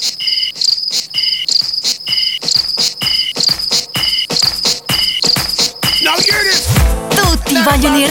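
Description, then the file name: Cicada song: loud high buzzing in regular pulses, with crackling clicks, ending in a burst of rustling noise. "Cicale"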